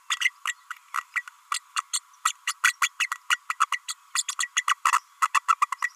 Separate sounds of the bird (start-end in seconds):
0.20-0.30, 0.47-0.54, 0.94-1.03, 1.15-1.23, 1.51-1.60, 1.76-1.82, 1.93-2.00, 2.25-2.32, 2.47-2.53, 2.63-2.73, 2.81-2.89, 2.99-3.08, 3.11-3.17, 3.30-3.39, 3.49-3.55, 3.60-3.66, 3.71-3.78, 3.88-3.94, 4.14-4.23, 4.28-4.34, 4.40-4.48, 4.56-4.63, 4.67-4.75, 4.84-4.91, 5.22-5.27, 5.34-5.41, 5.48-5.52, 5.61-5.67, 5.72-5.75, 5.83-5.89